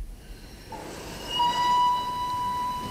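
A Vienna express train rumbles as it departs the station, with steady low-pitched noise that swells in loudness, while a thin, sustained high squealing tone enters partway through and holds to the end. No one speaks.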